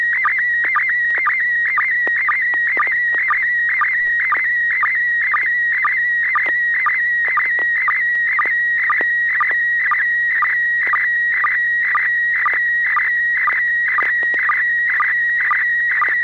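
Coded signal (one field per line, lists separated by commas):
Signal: SSTV (slow-scan television)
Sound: steady high warbling tone with rhythmic chirps about twice per second throughout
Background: low hum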